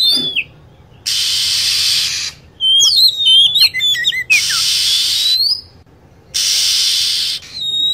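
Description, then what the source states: Lovebird giving quick shrill chirps and bent whistles between broad, buzzy screeching bursts, the pattern repeating several times. Lure sound used to attract lovebirds.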